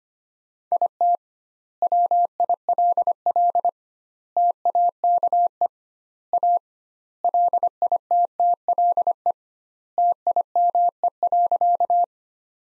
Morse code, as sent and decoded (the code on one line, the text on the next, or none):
.. - / .-- .. .-.. .-.. / - .- -.- . / .- / .-.. .. - - .-.. . / - .. -- . .-.-.-
IT WILL TAKE A LITTLE TIME.